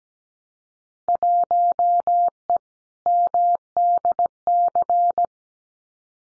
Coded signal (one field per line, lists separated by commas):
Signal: Morse code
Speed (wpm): 17 wpm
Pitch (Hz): 700 Hz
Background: none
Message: 1E MDC